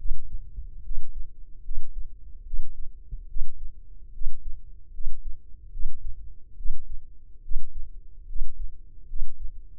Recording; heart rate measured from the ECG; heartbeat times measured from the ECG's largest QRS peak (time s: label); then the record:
heart sounds by microphone in the left ear; 73 bpm
0.82 s: heartbeat
1.62 s: heartbeat
2.44 s: heartbeat
3.27 s: heartbeat
4.12 s: heartbeat
4.91 s: heartbeat
5.70 s: heartbeat
6.56 s: heartbeat
7.41 s: heartbeat
8.26 s: heartbeat
9.06 s: heartbeat
From the record:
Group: healthy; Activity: rest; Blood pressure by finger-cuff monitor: 135/78 mmHg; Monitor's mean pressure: 96 mmHg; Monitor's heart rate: 71 bpm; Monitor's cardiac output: 6.2 L/min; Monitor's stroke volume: 86 mL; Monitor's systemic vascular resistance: 1160 dyn s/cm5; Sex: male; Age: 21 years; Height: 180 cm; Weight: 67.5 kg